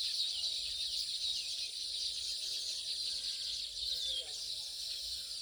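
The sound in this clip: Baya weaver chattering: dense, high, wheezy notes and squeaky twitters, continuous throughout against a steady background hiss.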